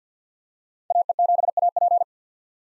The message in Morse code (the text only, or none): AE7AP